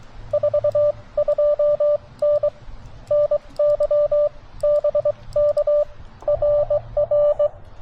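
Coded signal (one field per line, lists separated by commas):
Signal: Morse code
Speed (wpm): 21 wpm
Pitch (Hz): 590 Hz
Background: none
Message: 42N NY BK RR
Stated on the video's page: Parks on the Air CW activation from Chenango Valley State Park on a TX-500; poor, unsettled conditions after a solar flare, 20m short skip.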